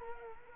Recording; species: mosquito wingbeat signal from an infrared sensor; Culex quinquefasciatus